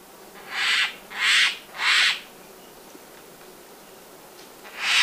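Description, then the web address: Turquoise jay calling with three quick harsh, scratchy notes, a few seconds' pause, then one more rasping note. Recorded in Ecuador, South America. "Birds of Ecuador. Turquoise Jay"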